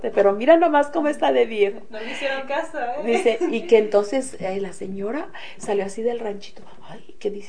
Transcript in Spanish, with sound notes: Pero, ¡mira nomás como está de viejo!”.
No le hicieron caso. (risas)
Dice y que entonces la señora salió así del ranchito: “¡Ay!”. Que dice: